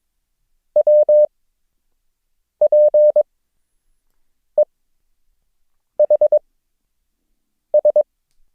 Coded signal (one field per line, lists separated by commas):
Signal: Morse code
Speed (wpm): 22 wpm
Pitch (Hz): 600 Hz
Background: none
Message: WPEHS